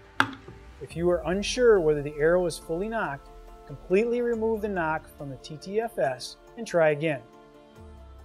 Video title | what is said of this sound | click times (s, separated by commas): Loading The Crossbow | You should hear an audible click. | 0.2 s